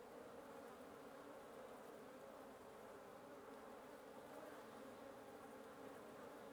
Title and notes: 1a Avenida Nte 19, Antigua Guatemala, Guatemala - Un nid de guêpes. Un nid de guêpes sous le toit de ma résidence. Prise de sons (matinale) : JF CAVRO